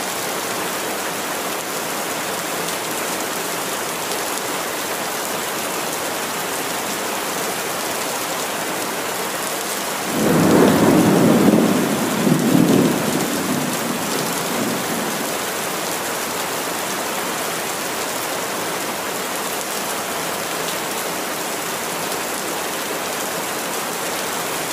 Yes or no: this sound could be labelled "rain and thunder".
yes